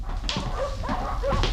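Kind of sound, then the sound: animal, dogs barking agitatedly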